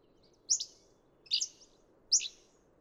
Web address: birdsongforthecurious Hammond's Flycatcher